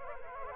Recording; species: mosquito wingbeat signal from an infrared sensor; Culex quinquefasciatus